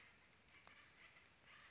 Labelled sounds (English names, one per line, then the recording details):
Acorn Woodpecker
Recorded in Sonoma County, California